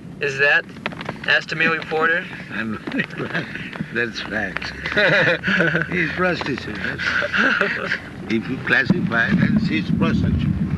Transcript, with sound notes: Is that,' asked a male reporter..."
[chuckles] That is fact. She is prostitute, that's all. If you classify, then she is prostitute.